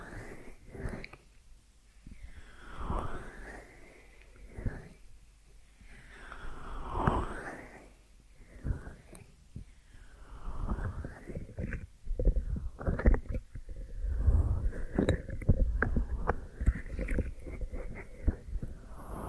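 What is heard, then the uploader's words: Deep ear massage sounds: slow, swooshing rubs that rise and fall every couple of seconds, each with a soft muffled thump underneath. After about twelve seconds the strokes grow quicker and busier, with crackly rustling and small pops between the sweeps. ASMR Deep Ear Massage for Sleep(No Talking).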